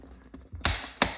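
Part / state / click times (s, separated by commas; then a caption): plastic trim piece onto the car's sun visor mount / seated / 0.6 s, 1.0 s. A small plastic trim piece is pressed onto the car's sun visor mount. After a few faint taps, two sharp, bright snaps ring out at 0.7 s and 1.0 s as the piece clicks fully into place.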